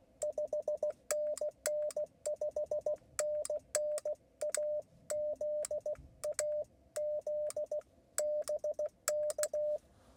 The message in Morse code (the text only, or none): 5NN 5NN AZ AZ BK